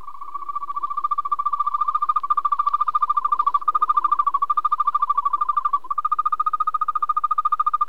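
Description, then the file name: European green toad calling with a long, fast, purring trill of even pulses, briefly breaking near the end and then resuming without pause. "grønbroget-tudse"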